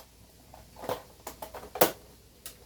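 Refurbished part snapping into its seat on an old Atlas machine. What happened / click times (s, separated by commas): The part snapped into its seat / 1.8 s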